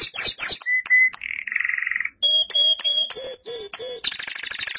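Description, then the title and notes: Canary song: varied phrases of swept chirps, a sustained buzzy note, repeated clear whistles, and a fast high trill. "BM Suara Kenari. BM Suara Burung Kenari"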